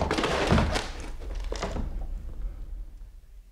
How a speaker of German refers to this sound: Man bricht die Tür auf.